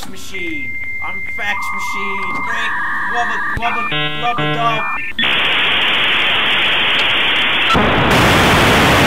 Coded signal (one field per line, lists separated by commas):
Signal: dial-up modem handshake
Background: speech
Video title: Fax Machine Rick